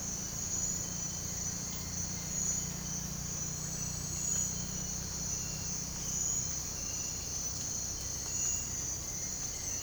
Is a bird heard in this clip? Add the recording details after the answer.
no. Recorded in secondary vegetation near Puerto Asís, Putumayo, Colombia, on 21 March 2025 at 07:00. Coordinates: 0.502, -76.326. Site G100